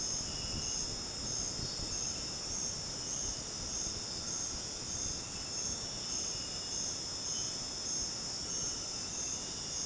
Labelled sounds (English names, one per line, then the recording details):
none
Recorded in dense forest near Puerto Asís, Putumayo, Colombia, on 12 March 2025 at 20:00
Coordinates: 0.486, -76.317
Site G053